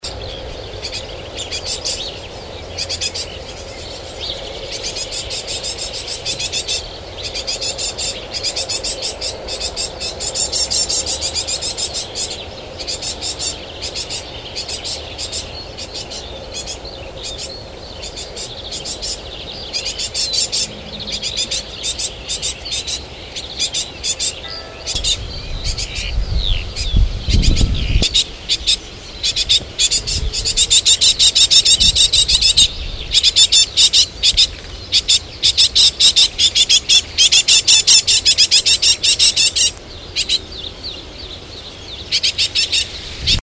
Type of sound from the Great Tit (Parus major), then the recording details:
call. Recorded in the wild. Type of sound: call. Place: Clausthal-Zellerfeld, Oberharz, Niedersachsen, DE. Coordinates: 51.78, 10.33. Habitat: forest. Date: 1985-06-11. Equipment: Sony WM-D6C, Big Ear. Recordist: Skiba, Reinald. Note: Buntenbock